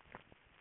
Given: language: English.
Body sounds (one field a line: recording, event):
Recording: throat vibration sensor signal played as sound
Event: swallow